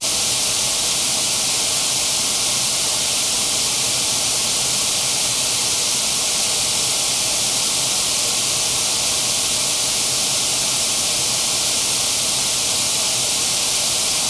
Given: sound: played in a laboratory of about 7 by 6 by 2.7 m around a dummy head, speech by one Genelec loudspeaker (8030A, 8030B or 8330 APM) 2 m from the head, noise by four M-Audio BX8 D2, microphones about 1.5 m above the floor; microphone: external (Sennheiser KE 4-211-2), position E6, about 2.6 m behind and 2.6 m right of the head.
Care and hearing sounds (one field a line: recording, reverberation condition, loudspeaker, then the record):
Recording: white noise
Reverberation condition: low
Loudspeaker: four, about 170 cm from the corners of the room and facing them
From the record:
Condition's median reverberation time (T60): about 310 ms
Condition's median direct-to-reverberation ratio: about 3.5 dB